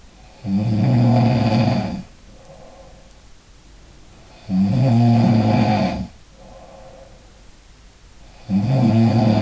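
Loud, rattling snores from an adult sleeper come on each breath in, about 15 a minute, each lasting around a second and a half with quiet breathing out between. This is ordinary snoring from vibrating soft tissue in the throat.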